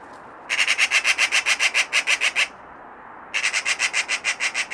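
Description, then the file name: Eurasian magpie with loud, harsh machine-gun chatter, a long rapid series of grating notes, a brief pause, then another run. "Pica pica"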